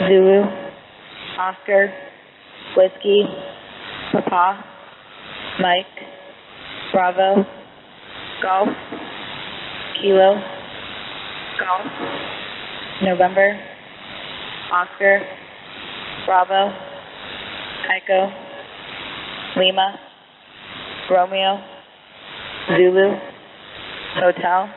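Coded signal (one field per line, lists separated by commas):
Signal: coded military voice message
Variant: HFGCS Emergency Action Message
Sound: a male voice reading phonetic-alphabet words in steady, evenly spaced groups over radio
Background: radio static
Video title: U.S. Air Force HF Emergency Action Message - 13200 kHz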